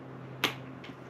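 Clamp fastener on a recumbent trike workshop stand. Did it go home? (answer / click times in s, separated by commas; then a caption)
no / none. The ratcheting clamp fastener that holds a recumbent trike on a custom workshop stand is being tightened by hand. It gives a sharp click at about 0.4 s and a fainter one near 0.9 s over a low steady hum. Nothing has seated yet.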